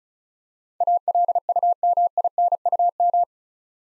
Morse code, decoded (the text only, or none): ALUMINUM